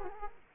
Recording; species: mosquito wingbeat signal from an infrared sensor; Culex quinquefasciatus